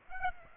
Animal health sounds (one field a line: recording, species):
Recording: mosquito wingbeat signal from an infrared sensor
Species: Aedes aegypti